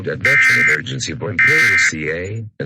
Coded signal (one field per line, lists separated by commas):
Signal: Emergency Alert System (SAME) tones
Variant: end-of-message bursts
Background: speech